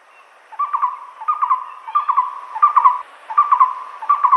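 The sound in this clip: Moustached barbet singing a steady series of short, hollow hooting phrases, each with quick knocking accents.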